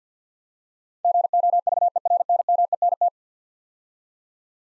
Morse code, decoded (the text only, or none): GOVERNMENT